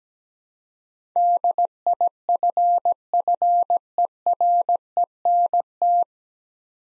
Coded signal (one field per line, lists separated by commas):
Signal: Morse code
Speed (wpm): 17 wpm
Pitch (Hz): 700 Hz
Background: none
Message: DIFFERENT